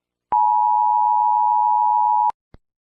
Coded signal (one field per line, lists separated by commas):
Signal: Emergency Alert System (SAME) tones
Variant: 853 and 960 Hz attention tone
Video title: EAS Scenario | Flight AN-781 | Analog Horror